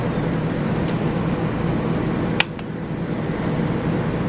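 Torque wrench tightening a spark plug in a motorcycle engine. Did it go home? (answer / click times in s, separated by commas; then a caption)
yes / 2.4 s. A torque wrench tightens a spark plug threaded into the cylinder head of a Yamaha FZ6R motorcycle engine over a steady broadband hiss. The wrench gives one sharp, bright click at 2.4 s, followed by a faint softer tick at about 2.6 s. The click shows the plug has been tightened to the wrench's set torque.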